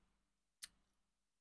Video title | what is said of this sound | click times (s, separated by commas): Révision d'une montre vintage à échappement à cheville ⌚👉 Mouvement LORSA 14R | par exemple on voit à gauche qu'il est pas totalement clipsé donc on va on va raappuyer un petit coup | 0.6 s